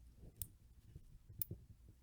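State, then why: Seated. A metal spring is held with a fingernail and overlapped onto the pawl assembly of a bicycle freehub body during reassembly. Sharp, bright clicks sound at 0.4 s and 1.4 s over low handling noise. The spring snaps into place and is seated.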